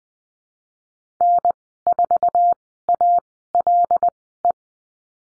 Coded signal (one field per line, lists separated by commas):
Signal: Morse code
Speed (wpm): 20 wpm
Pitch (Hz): 700 Hz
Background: none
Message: N4ALE